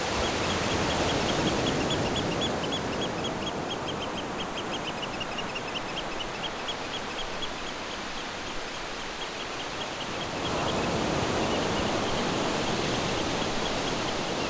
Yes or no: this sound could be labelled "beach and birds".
yes